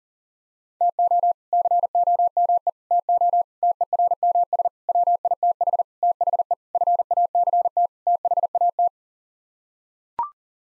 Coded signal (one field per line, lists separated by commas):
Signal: Morse code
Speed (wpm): 40 wpm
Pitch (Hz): 700 Hz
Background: none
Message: TO COME TO TERMS WITH THE FACT THAT